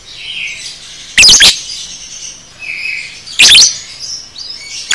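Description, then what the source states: Lovebird uttering two loud, harsh shriek bursts about two seconds apart over soft high twittering. Masteran (tutor) recording for training cage birds, aimed at 'paud' lovebirds.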